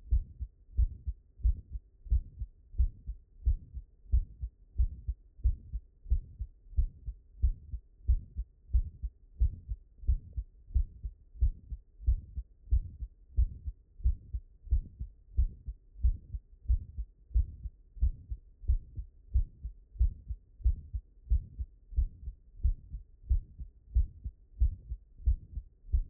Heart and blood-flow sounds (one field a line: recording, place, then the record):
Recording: heart sounds by stethoscope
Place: mitral valve (MV)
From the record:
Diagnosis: non-HFrEF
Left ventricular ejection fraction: 76%